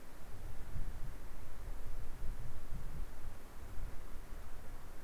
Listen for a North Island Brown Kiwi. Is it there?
no